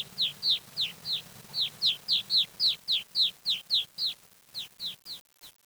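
Bird calling with quick, high chirps that slur downward, repeated about every quarter second, the series fading and thinning toward the end.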